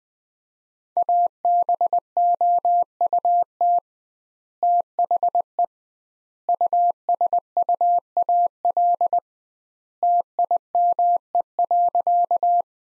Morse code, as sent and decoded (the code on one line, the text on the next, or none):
.- -... --- ..- - / - .... . / ..- ... ..- .- .-.. / - .. -- . .-.-.-
ABOUT THE USUAL TIME.